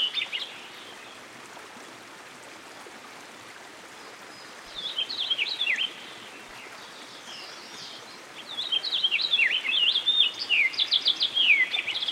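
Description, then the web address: American goldfinch song: a few short twittering phrases, then a longer run of bright twittering and fast repeated notes toward the end, over a steady rush of stream water. By a stream. "Dan Gibson Songbirds By The Stream. American Goldfinch"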